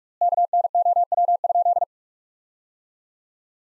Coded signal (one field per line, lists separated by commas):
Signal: Morse code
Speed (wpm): 46 wpm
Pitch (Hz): 700 Hz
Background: none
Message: KNOW?